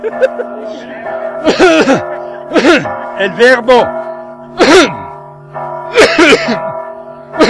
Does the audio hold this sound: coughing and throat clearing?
yes